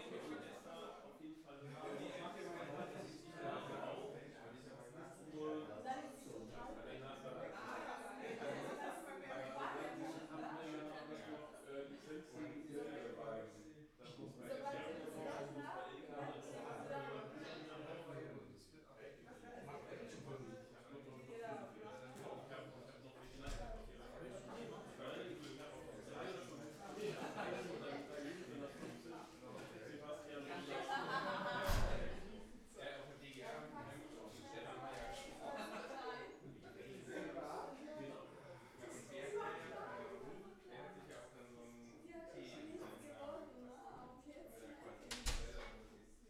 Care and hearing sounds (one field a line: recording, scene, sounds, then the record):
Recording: everyday scene through a hearing-aid microphone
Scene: many people talking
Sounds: many voices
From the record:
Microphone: behind the ear, left, rear